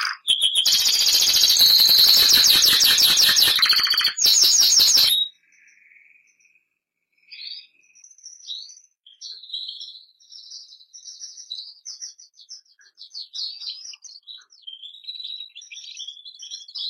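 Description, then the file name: Bernois canary song opening with a very loud harsh rattling trill lasting about five seconds, then quieter scattered twittering phrases. Bernois breed canary. "canto do canario bernois"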